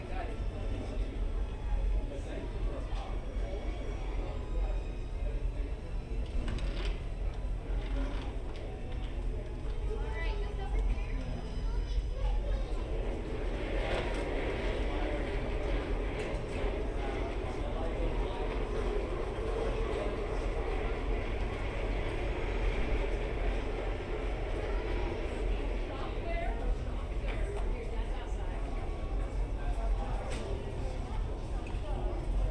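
Hotel lobby ambience with a steady low rumble under constant murmuring voices, brief clatters scattered throughout, and a brighter busier stretch after fourteen seconds.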